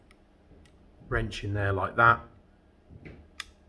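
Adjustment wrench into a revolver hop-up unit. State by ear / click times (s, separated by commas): seated / 3.4 s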